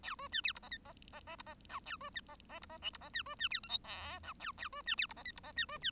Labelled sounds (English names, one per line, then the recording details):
Bengalese Finch song
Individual Bird1